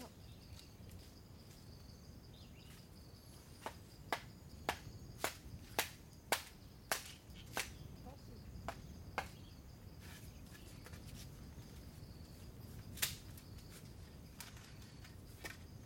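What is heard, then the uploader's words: Bamboo is being chopped with sharp, bright knocks arriving in a steady series from about four to eight seconds, then scattered strikes later, with a loud one near thirteen seconds. A low rumble runs underneath, with a faint high insect whine throughout. The sound of bamboo being split, hacked and shaved in Chiang Mai, Thailand. Recorded by Alex Boyesen. Bamboo being cut, Thailand.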